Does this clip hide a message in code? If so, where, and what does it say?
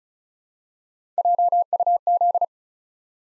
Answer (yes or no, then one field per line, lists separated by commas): yes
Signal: Morse code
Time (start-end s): 1.2-2.4 s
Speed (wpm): 36 wpm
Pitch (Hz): 700 Hz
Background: none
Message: JUZ